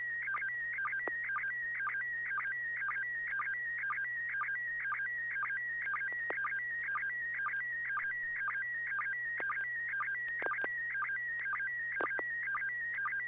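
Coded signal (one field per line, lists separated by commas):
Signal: SSTV (slow-scan television)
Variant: PD120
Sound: warbling, buzzy tone with steady rhythmic chirps about twice a second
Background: low hum, radio hiss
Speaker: okay this should be pd1 120 6 pgq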